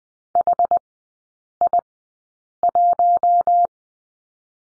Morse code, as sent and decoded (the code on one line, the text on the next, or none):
.... .. .----
HI1